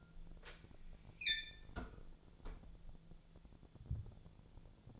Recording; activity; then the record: daily activity, microphone in the room; close fridge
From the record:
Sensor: 5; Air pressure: 1000.2 hPa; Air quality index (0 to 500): 100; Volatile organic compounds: 1 ppm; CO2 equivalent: 806 ppm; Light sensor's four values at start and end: 242/571/246/270 and 239/565/243/267